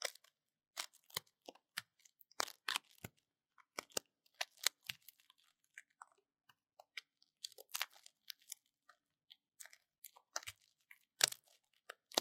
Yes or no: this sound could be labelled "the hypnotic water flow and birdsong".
no